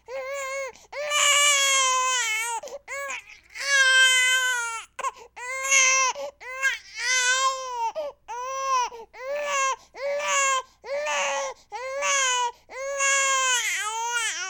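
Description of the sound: An eight-week-old baby cries in about a dozen loud, high-pitched wails, each rising and falling in pitch, separated by brief gasping pauses. The clear, tonal voice is an ordinary cry heard in daily life.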